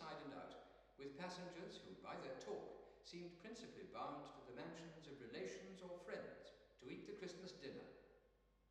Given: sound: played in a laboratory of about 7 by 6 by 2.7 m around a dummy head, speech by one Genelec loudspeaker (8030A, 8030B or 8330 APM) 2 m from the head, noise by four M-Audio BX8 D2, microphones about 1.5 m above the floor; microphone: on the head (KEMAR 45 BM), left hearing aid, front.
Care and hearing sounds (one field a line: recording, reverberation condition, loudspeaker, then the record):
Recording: male speech in English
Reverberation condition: high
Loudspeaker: 30 degrees to the left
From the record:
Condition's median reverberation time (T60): about 1300 ms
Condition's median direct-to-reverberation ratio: about -4.0 dB